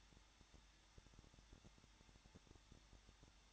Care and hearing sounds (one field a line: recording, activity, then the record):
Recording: daily activity, microphone in the room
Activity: no activity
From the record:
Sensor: 3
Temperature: 21.2 degrees Celsius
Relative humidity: 36.4%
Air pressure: 1006.4 hPa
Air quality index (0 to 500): 222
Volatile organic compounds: 42 ppm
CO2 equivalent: 3181 ppm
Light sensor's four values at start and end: 2/3/2/2 and 2/3/2/2